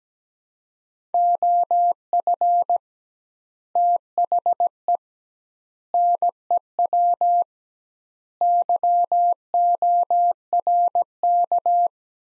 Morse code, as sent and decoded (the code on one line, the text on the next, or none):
--- ..-. / - .... . / -. . .-- / -.-- --- .-. -.-
OF THE NEW YORK